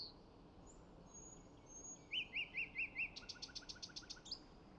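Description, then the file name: Common nightingale song: a thin whistle and faint high notes, a few loud arched notes, then a rapid buzzy series of high repeated notes with softer low clicks beneath. "Luscinia megarhynchos"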